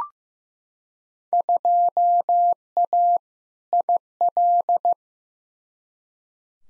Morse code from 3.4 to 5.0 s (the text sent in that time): IL